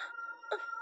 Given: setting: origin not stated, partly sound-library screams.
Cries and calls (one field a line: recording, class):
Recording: one-second piece from a danger detection set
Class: woman in danger